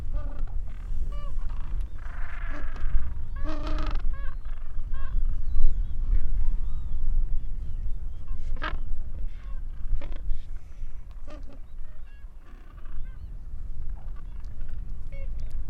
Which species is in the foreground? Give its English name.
Gentoo Penguin